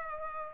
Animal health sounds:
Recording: mosquito wingbeat signal from an infrared sensor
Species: Culex pipiens

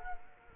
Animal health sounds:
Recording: mosquito wingbeat signal from an infrared sensor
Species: Culex quinquefasciatus

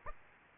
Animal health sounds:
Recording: mosquito wingbeat signal from an infrared sensor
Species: Aedes aegypti

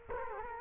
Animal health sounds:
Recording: mosquito wingbeat signal from an infrared sensor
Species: Culex quinquefasciatus

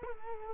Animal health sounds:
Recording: mosquito wingbeat signal from an infrared sensor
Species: Culex quinquefasciatus

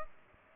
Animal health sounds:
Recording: mosquito wingbeat signal from an infrared sensor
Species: Culex pipiens

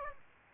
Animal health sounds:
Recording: mosquito wingbeat signal from an infrared sensor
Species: Aedes aegypti

